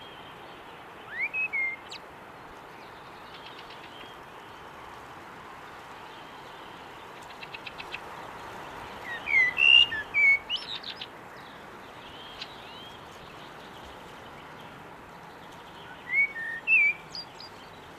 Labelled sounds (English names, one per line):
Common Blackbird song